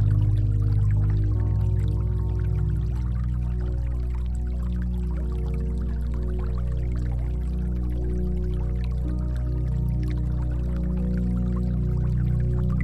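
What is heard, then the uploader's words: Water trickles and drips steadily over deep, sustained music made of low droning tones that hold almost unchanged throughout. The water sits lighter and thinner on top, a fine bubbling patter, while the loudness stays even from start to finish. RelaxingWater Flow Sound With Deep Relaxing Music - Nature Sounds.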